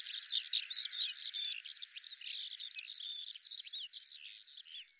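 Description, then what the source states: Bird song: a dense, continuous run of quick twittering and chirping notes for about five seconds, with a short buzzy trill near the end; no low sounds are present. Dated 2025; audio cleaned and normalized.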